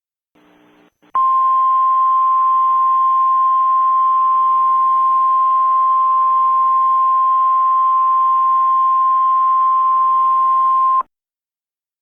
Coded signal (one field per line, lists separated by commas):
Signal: Emergency Alert System (SAME) tones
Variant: 1050 Hz attention tone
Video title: EAS| Pinakmena Cupcake